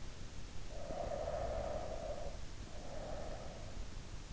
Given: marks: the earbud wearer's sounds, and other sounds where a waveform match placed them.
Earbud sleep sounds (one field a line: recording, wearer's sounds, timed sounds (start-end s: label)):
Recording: sounds in sleep by an in-ear microphone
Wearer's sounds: breath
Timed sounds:
0.55-3.95 s: breath